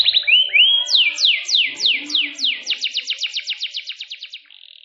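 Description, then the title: Canary song: a few sweet rising whistles, then a series of downward-sweeping notes, several per second, speeding up toward the end and closing on a short buzzy held note. Canary singing a long cengkok song in a fine, special style. "Cengkok Kenari Mewah. Kenari mewah durasi panjang. Cengkok enak gaya istimewa"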